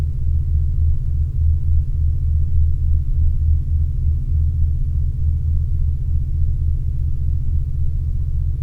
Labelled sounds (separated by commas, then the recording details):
man-made sound
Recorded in Ivvavik National Park, Yukon, on 27 August 2019 at 08:24
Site SINP01